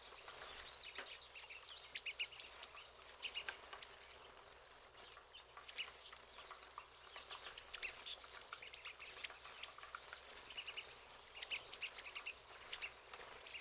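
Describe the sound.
Pine siskin calls, a busy chatter of high twittering chips throughout.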